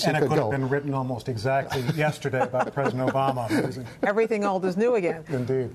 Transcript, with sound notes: And that could have been written almost exactly yesterday about President Obama.
(LAUGHTER) Everything old is new again.
Indeed.